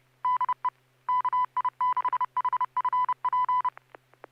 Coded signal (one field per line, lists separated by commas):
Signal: Morse code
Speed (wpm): 30 wpm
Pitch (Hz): 1000 Hz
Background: music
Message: DE KI6HFP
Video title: N6NA SSTV Net - 04/22/2026